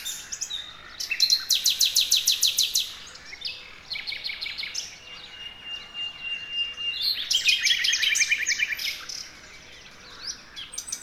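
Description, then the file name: Common nightingale delivering varied phrases: a loud rapid rattle of repeated notes, a sustained pure whistle, and further fast trills, separated by short quiet gaps. "Luscinia megarhynchos"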